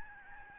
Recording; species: mosquito wingbeat signal from an infrared sensor; Aedes albopictus